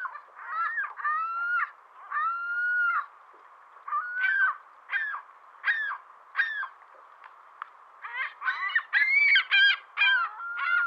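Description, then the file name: Ring-billed gull calls, a series of short harsh mewing notes with a bent, slightly rising pitch, given in bursts and pauses, growing busier and overlapping toward the end. "Digiffects Sound Effects Library - Ring-Billed Gull Call"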